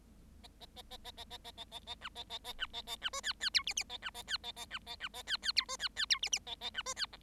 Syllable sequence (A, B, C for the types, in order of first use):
A A A A A A A A A A A B A A A B A A B C D D E F F A B A D A A B A B A D D E C D D E F F A A B C D G